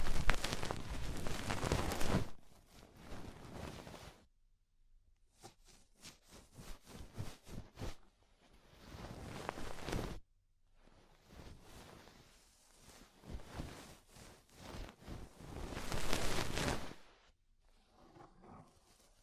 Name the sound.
Tingly Ear Cleaning Rhinestone & Clay Removal